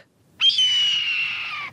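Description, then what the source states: Red-tailed hawk scream: one hoarse, drawn-out cry lasting over a second, starting abruptly and slurring gently downward. Recording played back to squirrels found around town during cold January fieldwork; it definitely got the squirrels' attention.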